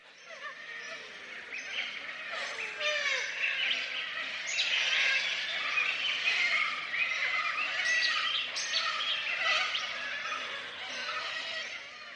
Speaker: One of my favourite sounds is when little corellas fly in large groups together and then land on the trees above me. It sounds a bit like this.